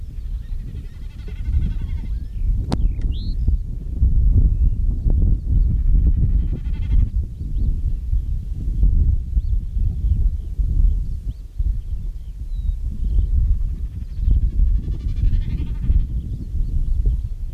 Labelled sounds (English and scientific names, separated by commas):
Common Snipe (Gallinago gallinago)